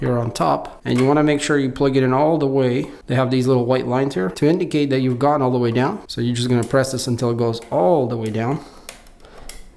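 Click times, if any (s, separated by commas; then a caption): 8.9 s, 9.5 s. Someone talks while pressing a cable plug down into its socket on top of a WonderMaker ZR multi-color 3D printer until the white indicator lines show it is fully inserted. Sharp clicks are heard at 8.9 s and 9.5 s as the connector seats fully.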